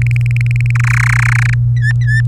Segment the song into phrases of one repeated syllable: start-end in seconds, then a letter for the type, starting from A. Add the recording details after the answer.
0.02-0.71 A, 0.75-1.54 B, 1.76-2.21 C. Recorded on 24 April 2018 at 18:10. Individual llb3